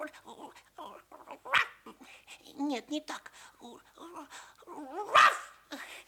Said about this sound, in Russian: Стой! Лаять буду!